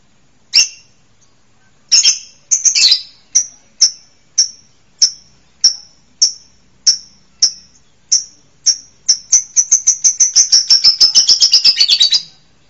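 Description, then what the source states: Bird gives a series of high chips that speed up into a rapid trill near the end. Masteran song-training recording for songbirds.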